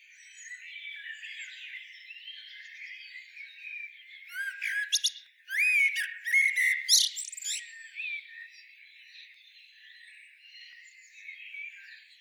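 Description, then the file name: Common blackbird song: a dense burst of squeaky, chattering notes in the middle, between quieter stretches with faint background birdsong. "Turdus merula"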